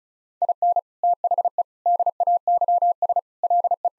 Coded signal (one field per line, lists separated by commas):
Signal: Morse code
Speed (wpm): 36 wpm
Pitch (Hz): 700 Hz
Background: none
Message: IN THE DAYS LE